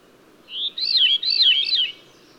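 A bird sings a short warbled phrase: one rising whistle, then a fast rippling series of high zigzag notes.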